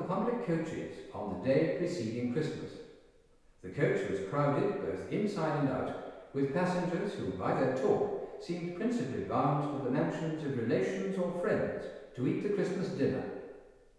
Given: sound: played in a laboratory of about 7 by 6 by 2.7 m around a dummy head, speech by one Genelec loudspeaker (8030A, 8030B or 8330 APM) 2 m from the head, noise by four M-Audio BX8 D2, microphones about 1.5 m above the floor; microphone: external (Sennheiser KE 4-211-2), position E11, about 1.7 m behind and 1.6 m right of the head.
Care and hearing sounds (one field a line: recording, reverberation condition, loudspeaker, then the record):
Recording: male speech in English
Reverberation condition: high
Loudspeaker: in front (0 degrees)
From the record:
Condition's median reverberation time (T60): about 1300 ms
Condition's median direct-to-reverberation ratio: about -4.0 dB